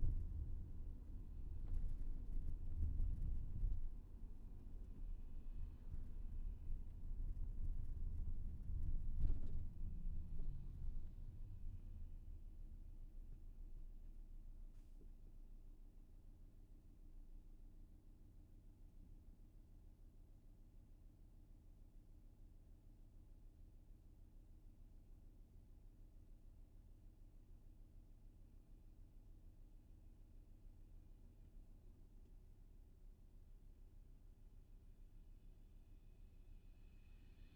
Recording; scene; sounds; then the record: everyday scene through a hearing-aid microphone; in a vehicle; engine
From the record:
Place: VW T5 Caravelle, diesel engine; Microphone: behind the ear, left, rear